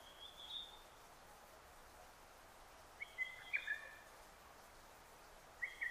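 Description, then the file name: Lesser cuckoo song: a high thin note, then a choppy whistled phrase of several rapid notes, and another phrase beginning at the end, with soft hiss. Recorded 6 June 2009. "hototogisu 20090606"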